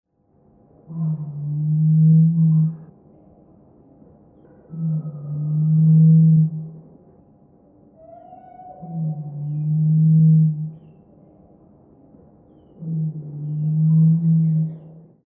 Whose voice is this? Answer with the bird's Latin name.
Goura cristata